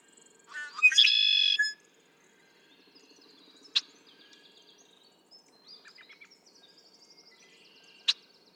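Red-winged blackbird song: a few short introductory notes, then one loud, buzzy, rasping trill lasting about a second, followed by faint clicks and thin high notes.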